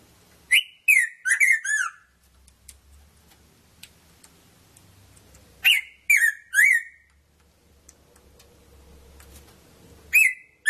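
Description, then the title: Red-throated parrotfinch producing repeated groups of slurred, downward-stepping chirps, three bursts spaced roughly five seconds apart over a soft background hum. "Erythrura Psittacea"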